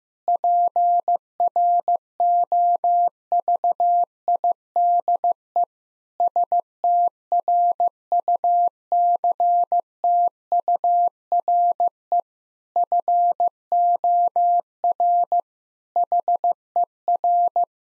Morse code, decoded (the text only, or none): PROVIDE STRUCTURE FOR HER